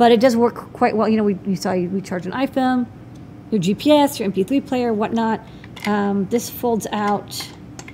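Someone talks while the folding crank handle on a hand-crank USB charger body is folded out, with two short faint hits near the end at about 7.8 and 7.9 seconds. The handle is being handled but has not snapped into place yet; nothing has seated or clicked.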